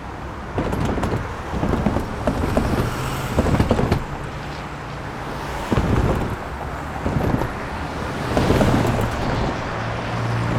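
Traffic moves over a crossing in a steady low rumble, with engines humming underneath. Vehicles pass in repeated surges, loudest around one, four, six and nine seconds, with brief clunks and thumps. A low steady engine tone sits beneath throughout.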